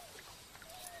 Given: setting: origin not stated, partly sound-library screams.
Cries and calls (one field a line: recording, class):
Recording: one-second piece from a danger detection set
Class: normal situation